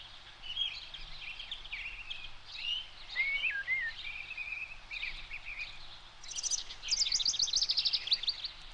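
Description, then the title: Bird song with mixed chirps and a looping whistled phrase, then a rapid high trill of repeated notes near the end over constant background noise. "Cantos dos Pássaros (2005). Pássaros X"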